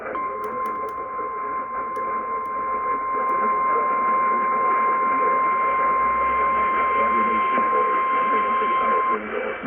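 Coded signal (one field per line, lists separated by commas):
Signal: Emergency Alert System (SAME) tones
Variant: 1050 Hz attention tone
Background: speech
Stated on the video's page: Tornado Warnings on 1040 AM relayed from NOAA Weather Radio station, received about 802 miles away on a Sangean HDR-15 radio.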